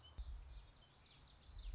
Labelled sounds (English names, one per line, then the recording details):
Common Yellowthroat
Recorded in Sonoma County, California